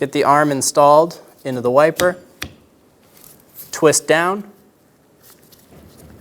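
A plastic rear wiper blade is handled onto the metal rear wiper arm of a 2010-2014 Subaru Outback, its pins hooked into the detents on the arm before it is twisted down. Someone talks, and sharp handling ticks are heard at about 2.4 s and 3.3 s. The blade has not seated or clicked into place yet.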